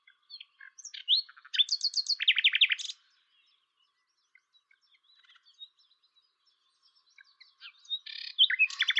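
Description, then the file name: Common nightingale singing a burst of varied chirps and fast rattling notes, a quiet gap with faint ticks, then another loud, jumbled phrase starting. "Luscinia megarhynchos"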